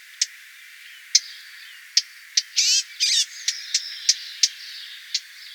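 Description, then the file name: Eurasian blackcap calls, sharp ticking notes at irregular intervals, with two longer buzzy bursts near the middle. "Sylvia atricapilla"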